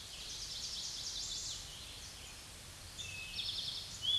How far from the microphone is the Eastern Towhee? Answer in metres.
about 40 m